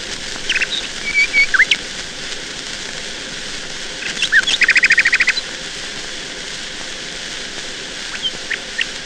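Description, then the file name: Nightingale song: clear whistled notes, then a fast, rattling trill of evenly repeated notes, with quieter pauses and steady hiss. "Solovei"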